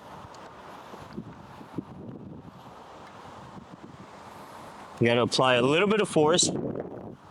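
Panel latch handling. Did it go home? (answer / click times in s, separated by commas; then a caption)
no / none. On a Lamborghini Huracan STO, the lightweight body panel has been closed and its latch is being locked with a small key, pushed with a little force. Steady wind-like noise and soft handling rustle run throughout, with faint taps near 1.2 and 1.8 seconds, then someone talks from about 5 seconds. Nothing has seated or clicked yet.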